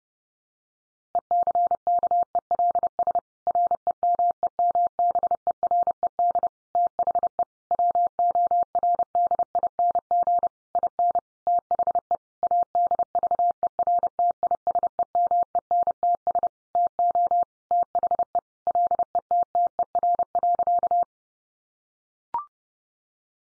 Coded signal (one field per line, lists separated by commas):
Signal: Morse code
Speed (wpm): 28 wpm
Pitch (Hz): 700 Hz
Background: none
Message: ECKELS REMEMBERED THE WORDING IN THE ADVERTISEMENTS TO THE LETTER.